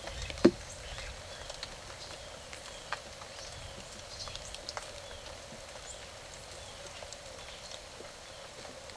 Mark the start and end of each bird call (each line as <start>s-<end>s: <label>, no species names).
0.00s-8.51s: bird call